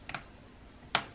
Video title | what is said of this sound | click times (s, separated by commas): How To Fix Small Keyboard Key - Lenovo Thinkpad | top two corners and snap them in | 0.1 s, 1.0 s